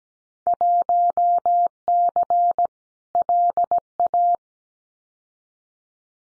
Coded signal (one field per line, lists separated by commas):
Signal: Morse code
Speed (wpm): 17 wpm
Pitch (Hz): 700 Hz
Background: none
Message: 1C LA